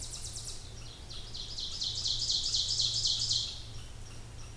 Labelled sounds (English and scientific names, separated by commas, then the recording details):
Ovenbird (Seiurus aurocapilla) song
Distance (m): 35 m
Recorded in boreal forest in Alberta, Canada, on 26 May 2016 at 08:12
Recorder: SongMeter 3, array SBT-3-15
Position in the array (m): 53 m, 222 m
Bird 20